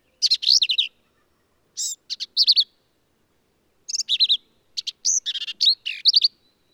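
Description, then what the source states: Black-capped vireo singing lively, varied phrases of quick slurred and buzzy high notes, some run together into longer strings. Male singing lively, emphatic songs; phrases sung alone, truncated, embellished or run together; endangered species; hill country of Texas, near Hunt.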